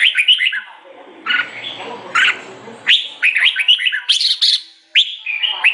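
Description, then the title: Sooty-headed bulbul song: bubbly, liquid chirping phrases of quick falling and rising notes, broken by a pause with faint low rustling noise. "Kutilang"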